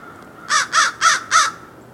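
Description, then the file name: American crow giving four rapid, grating caws in a tight even series, each brief and rough, with a faint constant hum beneath. "Corvus brachyrhynchos - American Crow"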